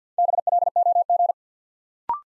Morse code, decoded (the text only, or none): BLOG